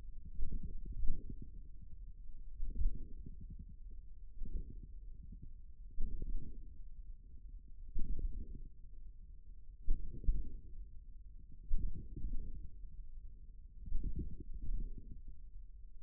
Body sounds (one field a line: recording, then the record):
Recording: forearm muscle sounds (acoustic myography)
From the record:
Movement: tripod grip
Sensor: system 1, eight BSWA MPA416 microphones around the upper forearm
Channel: 8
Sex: male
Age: 41 years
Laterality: right